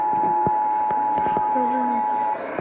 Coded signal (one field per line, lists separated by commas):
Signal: Emergency Alert System (SAME) tones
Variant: 853 and 960 Hz attention tone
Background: speech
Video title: Required Monthly Test EAS #18